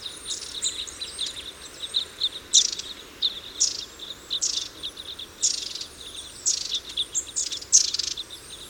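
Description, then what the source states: Red crossbill flight calls, repeated high chip notes from a group, with loud harsh bursts roughly every second from about two and a half seconds onward. Call type N; flight calls.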